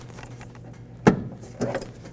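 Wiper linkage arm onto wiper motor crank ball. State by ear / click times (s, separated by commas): seated / 1.1 s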